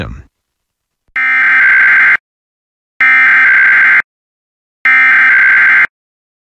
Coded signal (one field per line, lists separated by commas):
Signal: Emergency Alert System (SAME) tones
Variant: header bursts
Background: speech